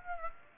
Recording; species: mosquito wingbeat signal from an infrared sensor; Aedes aegypti